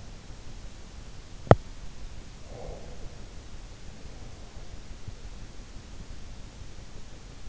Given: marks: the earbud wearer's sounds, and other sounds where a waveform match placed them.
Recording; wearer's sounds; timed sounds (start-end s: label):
sounds in sleep by an in-ear microphone; teeth grinding, breath
1.40-1.83 s: teeth grinding
2.43-4.74 s: breath